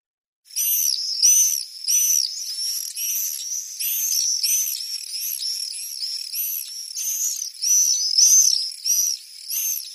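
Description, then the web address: Common Swift response calls: shrill, buzzy screeching notes repeated in a quick, uneven series. Response calls given at the nest. "Schulze Peter Common Swift responsecalls on Nest"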